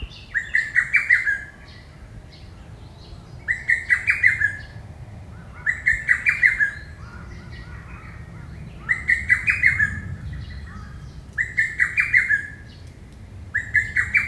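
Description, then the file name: Lesser cuckoo song: a loud, quick phrase of five or six sharp, emphatic notes, repeated every few seconds over faint low background hum. "hototogisu"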